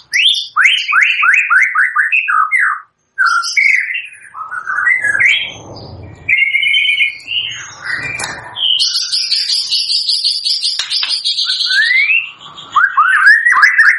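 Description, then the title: White-rumped shama song of repeated downslurred whistles, rustling noise in the middle, a high insect-like buzzy trill, then more descending whistled notes. Lure used for bird trapping (pikat); gacor (lively) singing. "PANCINGAN MURAI BATU GACOR"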